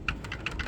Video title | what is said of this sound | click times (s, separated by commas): Solo Stove PI Stand Version 2.0 and other great @solostove Products | locks in nicely so you can go in | 0.1 s, 0.5 s